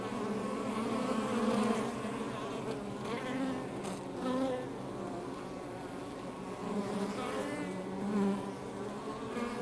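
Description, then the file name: Honey bee buzz from many insects, a steady low hum with wavering tones that swell now and then. Outside the hive. "Ruche Exterieur"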